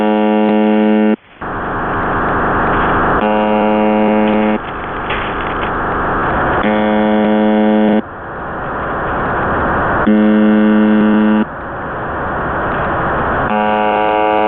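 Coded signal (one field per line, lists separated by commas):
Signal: channel marker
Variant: UVB-76, The Buzzer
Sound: harsh low buzz about 1.3 seconds long, repeating every few seconds between hiss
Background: radio static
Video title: The Buzzer (4625khz) - Live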